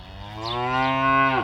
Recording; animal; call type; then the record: contact call of a hoofed animal; cattle; low-frequency (closed-mouth) or high-frequency (open-mouth) call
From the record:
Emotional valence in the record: negative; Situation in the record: full separation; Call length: 1.43 s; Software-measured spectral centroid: 1750 Hz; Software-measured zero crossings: 2360 a second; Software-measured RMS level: -23 dBFS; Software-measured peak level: -8 dBFS